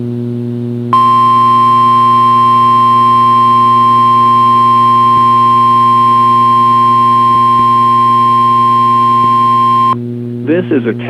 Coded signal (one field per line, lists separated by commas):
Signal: Emergency Alert System (SAME) tones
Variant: 1050 Hz attention tone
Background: speech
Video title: CRP Required Weekly Test on WXK26 (EAS 418) - 11/10/2021